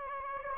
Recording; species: mosquito wingbeat signal from an infrared sensor; Aedes aegypti